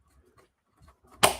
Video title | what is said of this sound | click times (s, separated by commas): RC 3D faB Factory 42 | There. That's the click I wanted to hear, brother. | 1.2 s